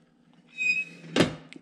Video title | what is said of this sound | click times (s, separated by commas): Profitec Pro 600 vs Expobar Brewtus IV Espresso machine comparison | into place and it drops a little bit right there you can kind of hear that it it sinks right in and it's solid | 1.5 s